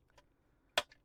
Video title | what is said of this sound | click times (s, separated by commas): 1/2 Scale Hachette Collection Dalek Build part 7 | Yeah, it only fits on one way. There we go. Snaps in place pretty well. | 0.8 s